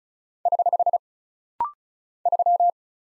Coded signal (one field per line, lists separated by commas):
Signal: Morse code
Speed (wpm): 35 wpm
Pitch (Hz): 700 Hz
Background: none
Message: <HH> 3